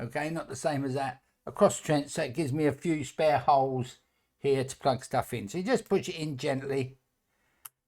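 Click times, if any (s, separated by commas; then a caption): 7.7 s. A small tactile push button is pressed gently into a plastic solderless breadboard, straddling the center trench, until it seats. Someone talks for most of the clip, then a short, sharp click is heard at 7.7 s as the button snaps into place.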